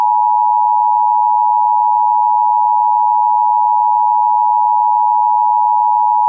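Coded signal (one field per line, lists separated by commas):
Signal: Emergency Alert System (SAME) tones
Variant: 853 and 960 Hz attention tone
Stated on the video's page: Simulated EAS scenario.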